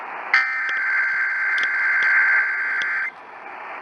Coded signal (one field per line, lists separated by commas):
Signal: Emergency Alert System (SAME) tones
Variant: header bursts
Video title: MORE TESTS FROM DIFFERENT AREAS... EAS Tests from 4/5/2021-4/28/2021 (EAS #502-534)